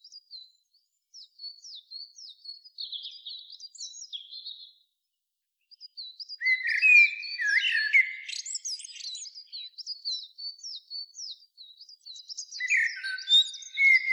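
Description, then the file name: Common blackbird: high squeaky twittering notes in quick series, after a short pause interrupted by fuller low warbled phrases. "Turdus merula"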